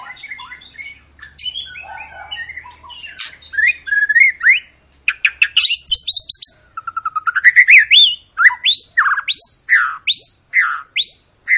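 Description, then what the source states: White-rumped shama song: soft twittering at first, then loud rapid rising whistles and trills in quick repeated phrases. Long, lively lure song of a white-rumped shama, used to prompt other birds to sing.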